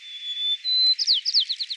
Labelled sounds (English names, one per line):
White-crowned Sparrow song